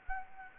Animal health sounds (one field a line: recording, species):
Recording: mosquito wingbeat signal from an infrared sensor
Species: Anopheles gambiae